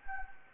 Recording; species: mosquito wingbeat signal from an infrared sensor; Anopheles gambiae